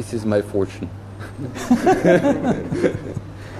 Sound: laughter